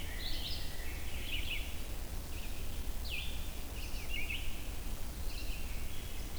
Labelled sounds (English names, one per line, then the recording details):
Red-eyed Vireo song
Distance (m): 55 m
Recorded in boreal forest in Alberta, Canada, on 23 June 2016 at 05:35
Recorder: SongMeter 3, array SBT-6-76
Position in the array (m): 181 m, 88 m